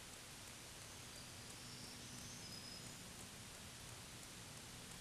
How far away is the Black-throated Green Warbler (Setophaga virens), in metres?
about 70 m